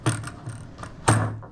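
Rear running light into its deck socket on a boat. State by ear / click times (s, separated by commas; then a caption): seated / 1.1 s. A rear running light pole is pushed into its deck socket on a Grizzly Tracker 1860 boat, with light mechanical rattles and small ticks along the way. A sharp, loud snap at 1.1 s marks the light seating in its mount, followed by a couple of softer clicks near the end.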